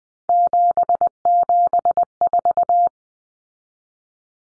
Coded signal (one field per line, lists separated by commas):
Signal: Morse code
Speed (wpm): 20 wpm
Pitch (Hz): 700 Hz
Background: none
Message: 774